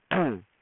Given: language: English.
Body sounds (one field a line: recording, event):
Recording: throat vibration sensor signal played as sound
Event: throat clearing